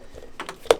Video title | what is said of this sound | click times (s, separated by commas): Replacement And Customizing A Broke Bungee Strap | You'll hear a little snap. | 0.7 s